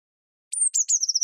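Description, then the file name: Eurasian blue tit song phrase: a very high sharp opening note, a thin descending slide, then a fast rippling trill. "Cyanistes caeruleus"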